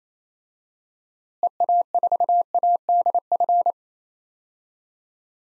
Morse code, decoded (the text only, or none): EA4ADF